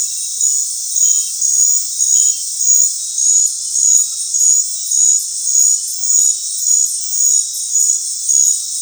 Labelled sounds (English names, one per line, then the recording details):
none
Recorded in dense forest near Puerto Asís, Putumayo, Colombia, on 19 March 2025 at 19:00
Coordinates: 0.503, -76.323
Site GP09